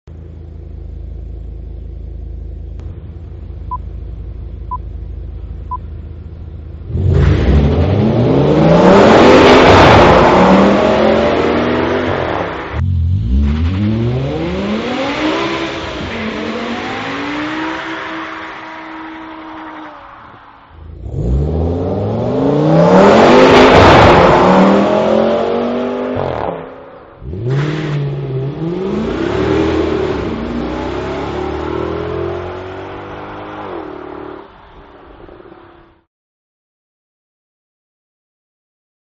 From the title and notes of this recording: Acceleration E63 M5 RS6.